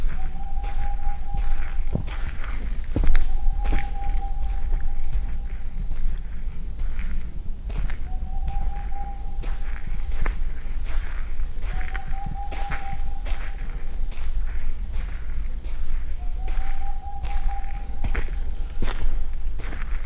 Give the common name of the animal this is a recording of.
Boreal Owl